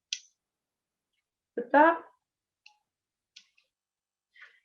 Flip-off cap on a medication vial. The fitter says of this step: and my next step is going to be to uncap each of the vials and i'll heal a little snap